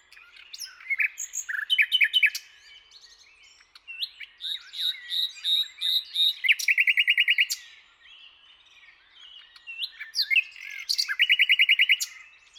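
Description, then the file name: Common nightingale singing varied whistled and scratchy phrases interspersed with fast, rattling trills of repeated notes and short pauses. "Luscinia megarhynchos"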